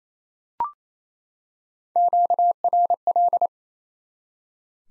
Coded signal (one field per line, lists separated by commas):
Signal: Morse code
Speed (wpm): 28 wpm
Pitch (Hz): 700 Hz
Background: none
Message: QRL